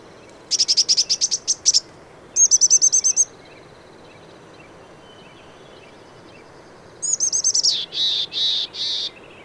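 Bird song in bursts: a rapid series of stacked high notes, a shorter similar series, then after a pause a fast trill followed by three longer notes, over faint background hiss.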